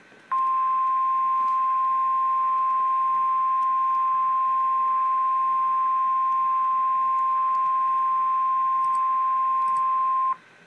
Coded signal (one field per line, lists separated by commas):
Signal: Emergency Alert System (SAME) tones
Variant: 1050 Hz attention tone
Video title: REAL EAS 421-Severe thunderstorm warning